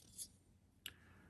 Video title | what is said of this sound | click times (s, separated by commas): Eaglemoss Build The U.S.S. Enterprise NCC-1701-D shipment 2 (Build) | and click into place just like that. | 0.9 s